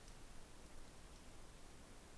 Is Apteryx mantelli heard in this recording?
no